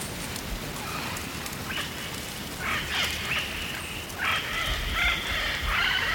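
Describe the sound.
Yellow-billed parrot squawking, rough calls that become louder and more frequent toward the end, over a low rumbling background.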